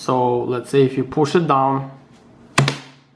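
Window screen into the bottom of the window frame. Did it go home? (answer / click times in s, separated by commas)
yes / 2.6 s, 2.7 s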